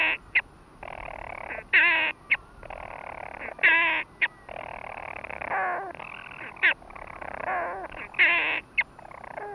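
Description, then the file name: European storm petrel uttering abrupt, grating call bursts in uneven succession, with faint churring between them. "Storm Petrel (Hydrobates pelagicus)"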